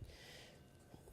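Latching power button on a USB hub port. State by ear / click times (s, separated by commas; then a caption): not seated / none. A hand handles the push-latch power button on a USB hub port of a large booth kiosk, about to press it in so the port stays powered. Only a low, steady rumble and soft hiss are heard, with faint low thumps near the start and around 0.9 s. Nothing has seated or clicked yet.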